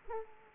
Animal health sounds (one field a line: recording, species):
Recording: mosquito wingbeat signal from an infrared sensor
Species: Culex quinquefasciatus